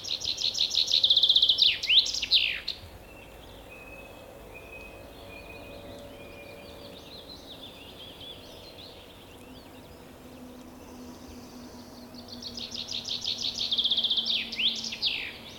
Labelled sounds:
Common Chaffinch song
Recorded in the wild
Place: Bergen, Insel Rügen, Mecklenburg-Vorpommern, DE
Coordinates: 54.415, 13.426
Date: 1975-06-08
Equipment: Nagra III BH, Sennheiser MD 21
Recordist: Schubert, Michael

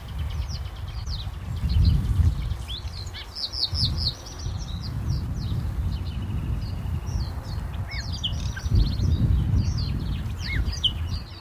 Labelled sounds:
Common Nightingale song
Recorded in the wild
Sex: male
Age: adult
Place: Karower Teiche, Berlin, DE
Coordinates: 52.6222, 13.46
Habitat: pond
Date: 1988-05-01 10:22
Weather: sunny, 17-25°C
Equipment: Nagra SN, Kopie Tesla B 116
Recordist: Tembrock, Günter

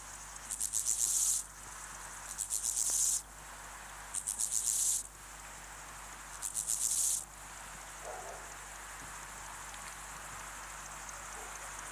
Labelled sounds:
Steppe Grasshopper
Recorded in the wild
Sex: male
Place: Lübars (Fließtal), Berlin, DE
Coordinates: 52.6167, 13.35
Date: 2004-09-04 13:15
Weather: sonnig, 25°C
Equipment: Sony WM-D6C, Sennheiser ME 80, Kopie Uher 4000 Report Monitor
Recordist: Tembrock, Günter

